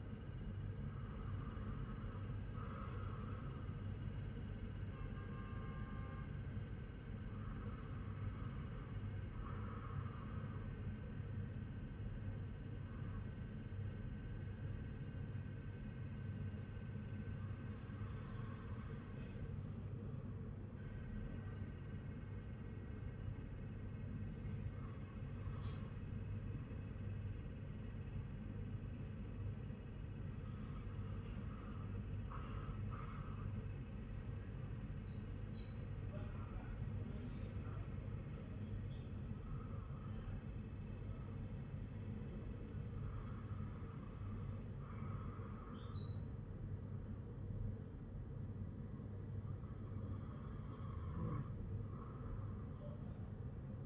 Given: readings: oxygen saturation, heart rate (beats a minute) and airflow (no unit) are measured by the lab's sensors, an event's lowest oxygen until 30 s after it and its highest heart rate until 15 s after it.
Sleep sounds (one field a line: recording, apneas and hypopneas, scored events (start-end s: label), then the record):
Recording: breathing in sleep by a smartphone at the bedside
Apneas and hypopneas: 1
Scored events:
15.00-35.30 s: hypopnea (N2, oxygen 98% highest, then 95% lowest, heart rate 52 at the start, 57 highest)
From the record:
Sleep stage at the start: N2 (light sleep)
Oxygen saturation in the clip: 93 to 98%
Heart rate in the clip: 51 to 57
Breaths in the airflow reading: 9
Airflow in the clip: -7.3 to 5.5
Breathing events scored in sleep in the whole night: 182 in 7.4 hours asleep